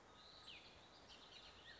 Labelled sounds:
Bullock's Oriole (Icterus bullockii)
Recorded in Sonoma County, California

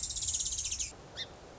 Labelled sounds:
Song Sparrow (Melospiza melodia)
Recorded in Sonoma County, California

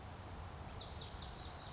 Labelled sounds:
Lazuli Bunting (Passerina amoena)
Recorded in Sonoma County, California

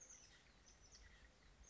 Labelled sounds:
Oak Titmouse (Baeolophus inornatus)
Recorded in Sonoma County, California

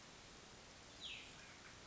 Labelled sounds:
Cassin's Vireo (Vireo cassinii)
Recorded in Sonoma County, California

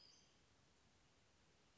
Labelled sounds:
Western Flycatcher (Empidonax difficilis)
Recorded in Sonoma County, California

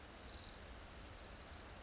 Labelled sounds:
Orange-crowned Warbler (Leiothlypis celata)
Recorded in Sonoma County, California

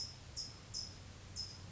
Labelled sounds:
California Towhee (Melozone crissalis)
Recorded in Sonoma County, California

